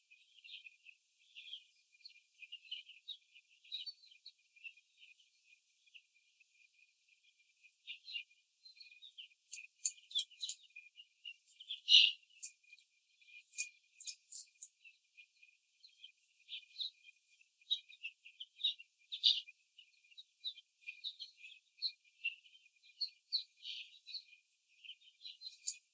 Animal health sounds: young laying hens in a cage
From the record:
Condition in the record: after the stressor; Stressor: simulated dog barking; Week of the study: 3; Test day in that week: 1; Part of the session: 3

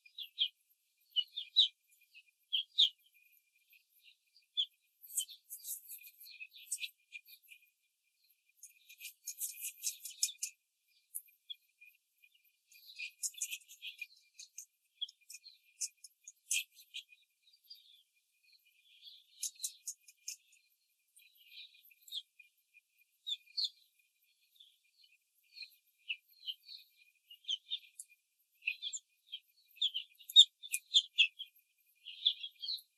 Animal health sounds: young laying hens in a cage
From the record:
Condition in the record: control cage, after the stress test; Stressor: none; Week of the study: 4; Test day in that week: 3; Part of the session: 1

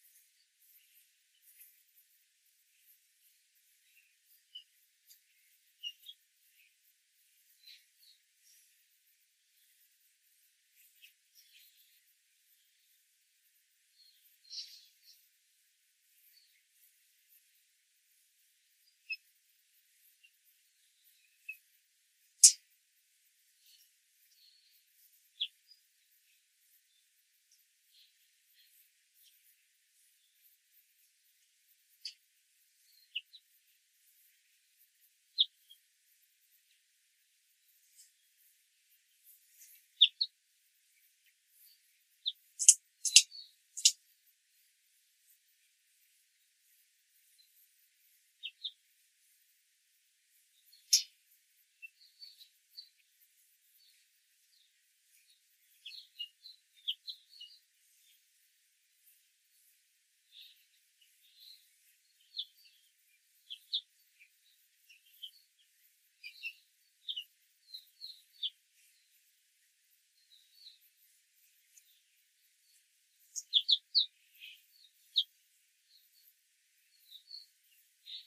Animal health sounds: young laying hens in a cage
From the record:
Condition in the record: control cage, after the stress test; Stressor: none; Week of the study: 4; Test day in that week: 1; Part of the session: 1

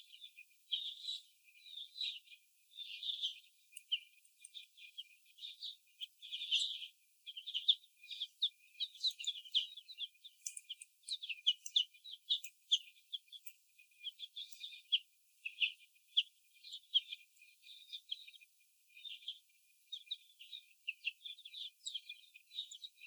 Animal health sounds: young laying hens in a cage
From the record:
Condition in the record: before the stressor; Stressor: sudden umbrella opening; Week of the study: 2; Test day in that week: 1

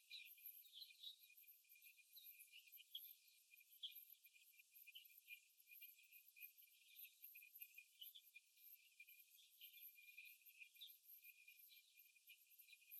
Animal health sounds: young laying hens in a cage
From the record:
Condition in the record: after the stressor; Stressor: simulated dog barking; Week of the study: 1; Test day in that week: 2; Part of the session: 4

